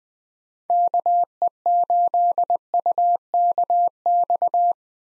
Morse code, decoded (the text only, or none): KE8UKX